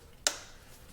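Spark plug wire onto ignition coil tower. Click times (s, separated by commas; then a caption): 0.3 s. A spark plug wire boot is pushed onto the ignition coil tower of a Dodge Neon, giving a single sharp, bright click at 0.3 s that fades quickly into quiet. The boot is seated, confirming a good connection between the coil and the spark plug wire.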